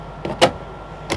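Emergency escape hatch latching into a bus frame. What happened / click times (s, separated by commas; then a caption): The hatch latch snapped shut / 1.1 s. An emergency escape hatch on a Prevost bus is pushed back into its frame, with a soft knock at about 0.3 s and a louder scraping thump near 0.4 s. A sharp latch click follows at 1.1 s as the hatch latches shut and seats in the frame.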